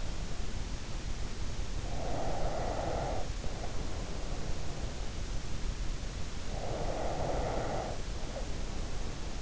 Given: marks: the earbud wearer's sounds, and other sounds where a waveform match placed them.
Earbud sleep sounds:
sounds in sleep by an in-ear microphone; breath
1.91-5.01 s: breath
6.53-9.42 s: breath

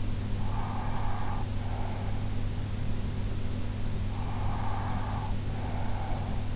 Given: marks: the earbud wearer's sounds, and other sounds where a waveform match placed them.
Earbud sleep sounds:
sounds in sleep by an in-ear microphone; breath
0.03-2.62 s: breath
3.84-6.53 s: breath

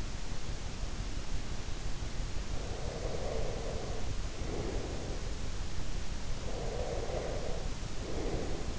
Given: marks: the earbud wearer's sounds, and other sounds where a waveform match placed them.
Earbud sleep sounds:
sounds in sleep by an in-ear microphone; breath
2.46-5.30 s: breath
6.34-8.79 s: breath

